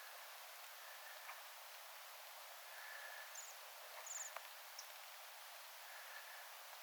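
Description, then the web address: Bohemian waxwing calls: a few short, high, sibilant trills clustered in the middle, one especially clear, over a soft steady background hiss. A flock calling calmly on an island, recorded on 17 December 2024. "paivat 17 12 2024 tilhiparven rauhallista aantelya saaressa"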